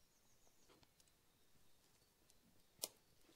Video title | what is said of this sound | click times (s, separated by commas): Benelli TRK 502X Chain and Sprocket Replacement | and there it goes I've just heard it pop | 2.8 s